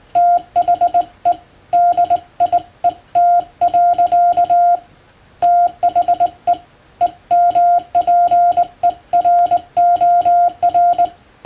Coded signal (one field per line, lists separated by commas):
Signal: Morse code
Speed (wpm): 21 wpm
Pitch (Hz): 700 Hz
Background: music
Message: THE DIET. THE EMPEROR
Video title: 無線従事者国家試験総合無線通信士電気通信術のトレーニングにＣＷを打ってみました。アマチュア無線ハムの受信練習にもどうぞ(morse code practice for radio operator )